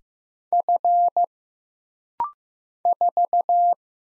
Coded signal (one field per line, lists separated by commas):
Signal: Morse code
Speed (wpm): 15 wpm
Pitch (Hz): 700 Hz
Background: none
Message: F 4